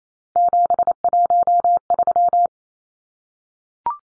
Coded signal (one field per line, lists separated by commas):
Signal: Morse code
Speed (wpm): 28 wpm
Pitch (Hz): 700 Hz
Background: none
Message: 713